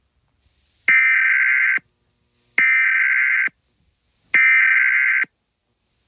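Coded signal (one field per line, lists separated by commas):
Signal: Emergency Alert System (SAME) tones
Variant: header bursts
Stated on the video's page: Fictional EAS scenario.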